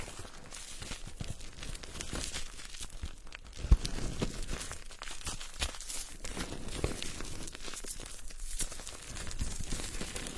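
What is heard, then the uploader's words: Foam rubs and drags against wood in a steady stream of crinkly, scratchy friction, dense and irregular throughout. The texture shifts between bright hissing scrapes and softer muffled strokes, with a single sharp knock just before the four-second mark. The intimate friction between foam and wood.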